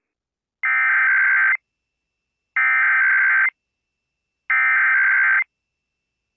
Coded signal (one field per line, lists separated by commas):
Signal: Emergency Alert System (SAME) tones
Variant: header bursts